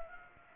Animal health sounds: mosquito wingbeat signal from an infrared sensor; Anopheles gambiae

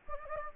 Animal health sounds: mosquito wingbeat signal from an infrared sensor; Anopheles gambiae

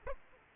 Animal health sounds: mosquito wingbeat signal from an infrared sensor; Aedes aegypti

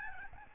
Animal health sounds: mosquito wingbeat signal from an infrared sensor; Aedes albopictus

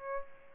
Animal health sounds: mosquito wingbeat signal from an infrared sensor; Aedes albopictus

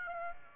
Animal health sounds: mosquito wingbeat signal from an infrared sensor; Aedes aegypti

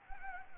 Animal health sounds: mosquito wingbeat signal from an infrared sensor; Anopheles arabiensis

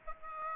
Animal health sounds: mosquito wingbeat signal from an infrared sensor; Aedes aegypti

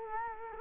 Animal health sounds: mosquito wingbeat signal from an infrared sensor; Culex quinquefasciatus

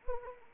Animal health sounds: mosquito wingbeat signal from an infrared sensor; Anopheles arabiensis

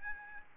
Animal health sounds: mosquito wingbeat signal from an infrared sensor; Aedes albopictus

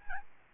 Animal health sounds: mosquito wingbeat signal from an infrared sensor; Aedes albopictus

